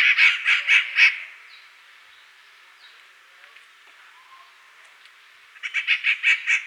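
Rufous Treepie giving harsh, rasping chattering calls in a quick burst of about five notes, a quieter pause of several seconds, then another similar burst of rapid grating notes.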